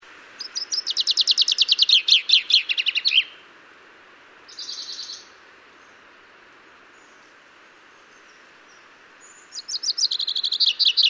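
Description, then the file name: Common chaffinch song: a rapid run of bright notes descending in pitch and ending in a flourish, a short buzzy note, then a second song beginning near the end. "Fringilla coelebs"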